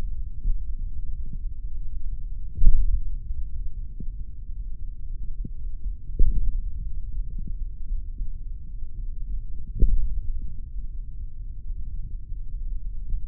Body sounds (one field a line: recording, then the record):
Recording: forearm muscle sounds (acoustic myography)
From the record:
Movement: hand opening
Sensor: system 3, bracelet of six PUI Audio POM-2738L microphones around the upper forearm, with dedicated amplification and filtering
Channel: 3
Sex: male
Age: 26 years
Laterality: right